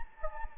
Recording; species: mosquito wingbeat signal from an infrared sensor; Anopheles gambiae